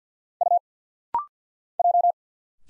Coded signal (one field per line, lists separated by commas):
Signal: Morse code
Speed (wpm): 50 wpm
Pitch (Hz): 700 Hz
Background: none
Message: U J